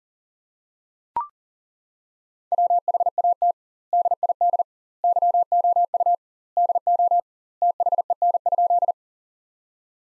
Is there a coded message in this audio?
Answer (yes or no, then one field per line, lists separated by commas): yes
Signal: Morse code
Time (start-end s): 2.5-8.9 s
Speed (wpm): 40 wpm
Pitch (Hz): 700 Hz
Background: none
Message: WHAT DID YOU DO THEN?